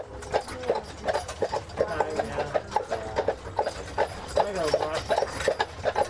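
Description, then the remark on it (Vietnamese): Horse hooves clip-clop along a street on Mackinac Island in a steady, brisk rhythm of sharp knocks, while people talk over the clatter throughout. “Cái đảo này đi đâu thấy tức ngựa chưa?”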